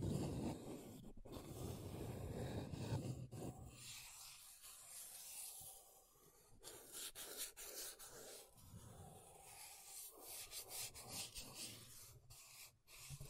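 Makeup scratching and rubbing, heavy and low for the first four seconds, then lighter, hissy brushing strokes with brief tapping gaps throughout.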